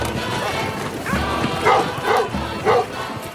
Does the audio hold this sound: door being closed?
no